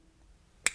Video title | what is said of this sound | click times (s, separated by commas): ANEX Ratcheting Ball Grip Screwdriver - Best Ball Grip? | and click into place and you could use it like that | 0.7 s